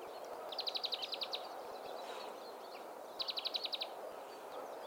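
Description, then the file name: European greenfinch giving two rapid, even trills of short chipping notes about two and a half seconds apart, over constant background noise. "Chloris chloris"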